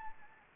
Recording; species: mosquito wingbeat signal from an infrared sensor; Anopheles arabiensis